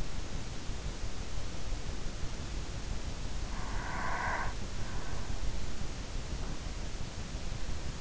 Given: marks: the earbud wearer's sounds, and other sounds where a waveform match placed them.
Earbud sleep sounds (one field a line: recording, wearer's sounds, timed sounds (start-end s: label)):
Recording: sounds in sleep by an in-ear microphone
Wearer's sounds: breath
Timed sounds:
3.61-4.72 s: breath